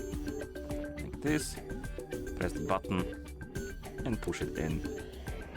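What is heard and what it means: A watch strap's quick-release spring pin is handled at the lug of a HUAWEI Watch GT 6 Pro Active smartwatch case while the release button is held. Someone talks over music that plays throughout, with a few soft handling sounds. The clip ends before the pin goes home, so nothing has seated or clicked yet.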